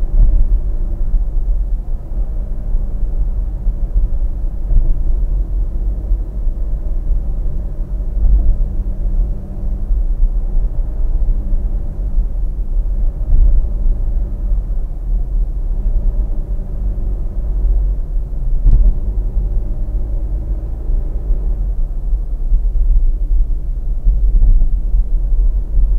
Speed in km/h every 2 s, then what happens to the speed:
72, 71, 71, 72, 71, 71, 70, 69, 68, 66, 65, 61, 55.
0-16 steady at about 71. 16-26 slows to 55.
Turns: none.